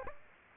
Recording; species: mosquito wingbeat signal from an infrared sensor; Aedes aegypti